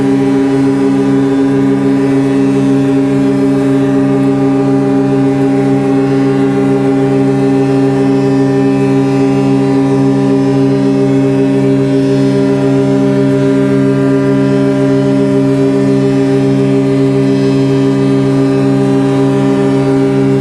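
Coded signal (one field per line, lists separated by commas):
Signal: ship horn signal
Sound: one sustained deep ship horn blast, steady for the whole clip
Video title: Sygnał mgłowy – sygnał dźwiękowy emitowany przez statek/ Fog signal SOUND EFFECTS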